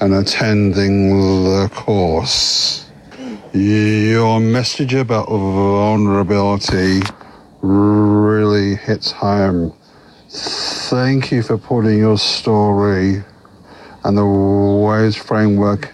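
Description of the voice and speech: Slow, flat, deliberate adult male speech with stretched sounds and a repeated 'y-your': lifelong stuttering in a man who recently attended a McGuire Programme course to work on his speech.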